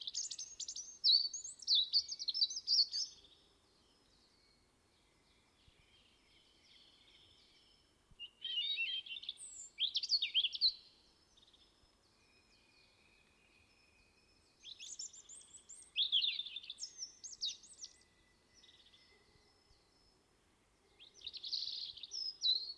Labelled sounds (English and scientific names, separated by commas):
European Robin (Erithacus rubecula) song